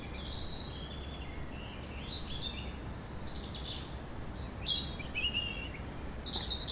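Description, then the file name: European robin song: thin, high warbling phrases with rapid trills and descending whistles, delivered in short bursts separated by brief pauses, over a steady low background rumble. "Erithacus rubecula"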